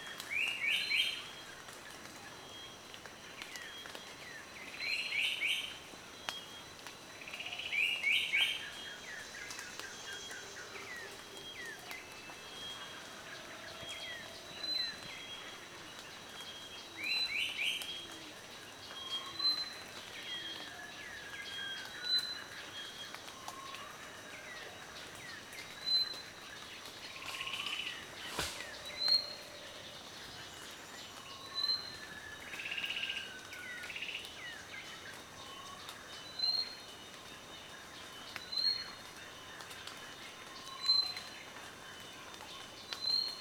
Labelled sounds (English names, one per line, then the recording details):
Jameson's Wattle-eye
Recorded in Kibale, Uganda